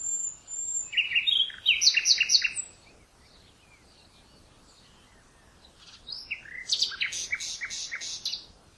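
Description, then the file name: Common nightingale song in two bursts: choppy varied notes and rapid chirps, a quiet gap of about three seconds, then a second run of fast, scratchy notes. "Luscinia megarhynchos"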